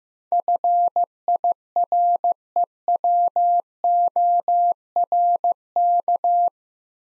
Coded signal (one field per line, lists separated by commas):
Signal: Morse code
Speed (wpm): 15 wpm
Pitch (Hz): 700 Hz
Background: none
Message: FIREWORK